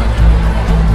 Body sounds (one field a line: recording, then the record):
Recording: background sound without coughing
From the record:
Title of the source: Party Noise 1 Hour Party Ambience